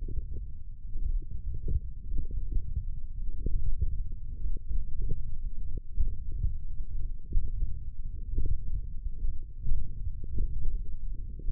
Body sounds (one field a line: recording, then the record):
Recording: forearm muscle sounds (acoustic myography)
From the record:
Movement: wrist flexion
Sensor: system 1, eight BSWA MPA416 microphones around the upper forearm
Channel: 6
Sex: male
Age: 21 years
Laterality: right